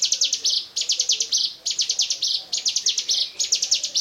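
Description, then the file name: Bar-winged prinia song, a high, dry stutter of quick notes running into a buzzy trill, repeated in short bursts about every second. "ciblekmonster"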